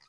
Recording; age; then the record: pig call; piglet (1 to 25 days)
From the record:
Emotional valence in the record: positive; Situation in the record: short reunion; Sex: male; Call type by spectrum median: high-frequency call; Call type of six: low-frequency tonal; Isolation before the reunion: 3 minutes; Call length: 0.09 s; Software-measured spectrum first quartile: 1490 Hz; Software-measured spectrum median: 3586 Hz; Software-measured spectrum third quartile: 4898 Hz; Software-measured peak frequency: 4902 Hz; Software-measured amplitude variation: 74 dB a second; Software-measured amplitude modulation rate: 17.6 a second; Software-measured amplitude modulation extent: 4.2 dB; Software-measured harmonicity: 1.1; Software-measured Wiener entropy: -1.49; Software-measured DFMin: 609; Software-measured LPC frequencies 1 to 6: 1135, 1938, 4394, 4935, 6479, 8568 Hz